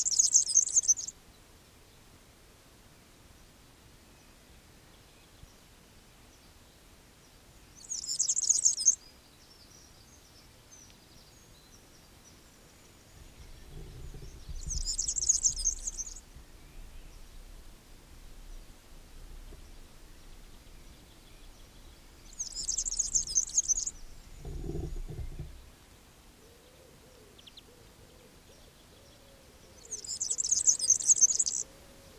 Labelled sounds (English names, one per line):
European Serin song